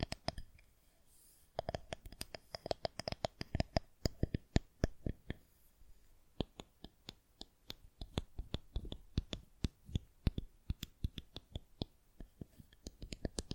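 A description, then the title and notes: An assortment of tingly sounds: rapid, crisp clicks and taps that reach up into bright highs, arriving in irregular dense bursts. A near-silent stretch sits around one to one and a half seconds, and a brief lull comes near six seconds before the tapping resumes steadily. Tingly Sound Assortment.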